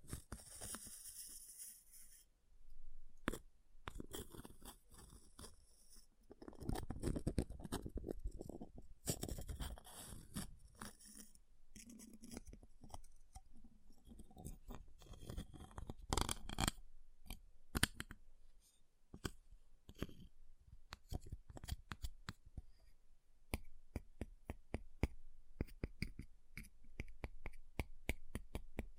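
Ice being tapped, scratched and carved, with dense crunchy scraping through the first half and heavier grinding strokes around seven to ten seconds. The second half turns into quicker, sharper clicks and taps in irregular bursts, with brief quiet gaps between them.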